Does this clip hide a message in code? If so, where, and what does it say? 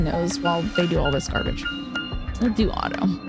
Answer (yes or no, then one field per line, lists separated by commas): no